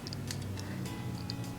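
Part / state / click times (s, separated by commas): adjustable rubber tip in the spinning-top toy's driver / seated / 1.3 s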